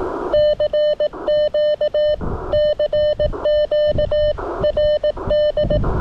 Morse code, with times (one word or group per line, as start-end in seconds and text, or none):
0.3-2.1 CQ
2.5-4.3 CQ
4.6-5.8 RD